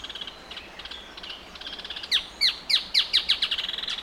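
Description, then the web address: Striated softtail calling, quiet scattered notes at first, then a loud series of sharp, descending chipping notes in quick succession during the last two seconds. Male. "sound Striated-softtail. صدای-پرنده-نر-دم-راه-راه"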